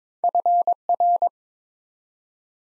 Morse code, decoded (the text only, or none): FR